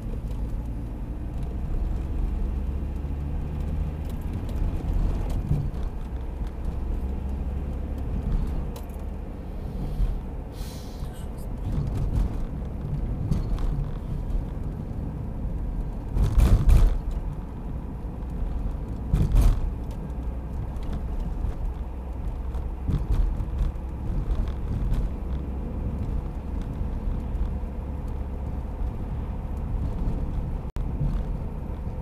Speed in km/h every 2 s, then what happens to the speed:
33, 39, 44, 50, 51, 51, 49, 47, 47, 49, 49, 50, 51, 52, 53, 54.
0-7 speeds up to 51. 7-32 steady at about 50.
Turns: none.